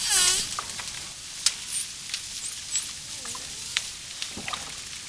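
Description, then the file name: Dolphin whistles, high wavering sweeps in quick succession, with scattered sharp clicks and a loud buzzy burst at the start. "shelkane svist delfina vspleski vodi"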